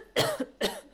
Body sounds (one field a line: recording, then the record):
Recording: coughing mixed with background sound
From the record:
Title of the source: Coughing Woman Sound - Woman Cough Sound Effect